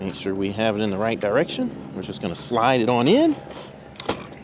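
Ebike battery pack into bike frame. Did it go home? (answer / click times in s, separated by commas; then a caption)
yes / 4.0 s, 4.1 s. A removable battery pack for a 5th Wheel Thunder 1FT full-suspension ebike is slid back into the folding ebike frame while someone talks. After the talking stops, the battery clicks and locks into the frame with two sharp clicks at 4.0 and 4.1 seconds, seating it securely.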